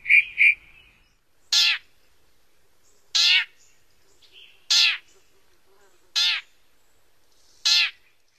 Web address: Songs of Birds of North America Stokes. Yellow-breasted Chat